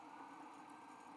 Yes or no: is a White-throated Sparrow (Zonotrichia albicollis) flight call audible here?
no